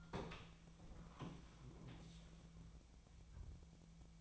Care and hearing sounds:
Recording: daily activity, microphone in the room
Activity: open door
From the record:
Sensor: 1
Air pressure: 1000.5 hPa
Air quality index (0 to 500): 183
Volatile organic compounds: 4 ppm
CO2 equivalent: 1694 ppm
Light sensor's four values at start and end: 14/33/14/16 and 14/33/14/16

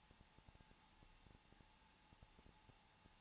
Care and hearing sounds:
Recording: daily activity, microphone in the room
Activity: no activity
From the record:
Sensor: 1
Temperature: 20.2 degrees Celsius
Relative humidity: 35.7%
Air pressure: 994.5 hPa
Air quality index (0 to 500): 182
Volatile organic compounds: 7 ppm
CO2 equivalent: 2000 ppm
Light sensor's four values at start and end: 1/2/1/1 and 1/2/1/1

